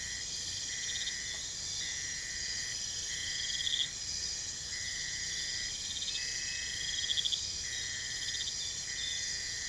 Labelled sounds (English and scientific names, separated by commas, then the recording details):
none
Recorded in pastures near Puerto Asís, Putumayo, Colombia, on 22 December 2024 at 01:30
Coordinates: 0.472, -76.329
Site G072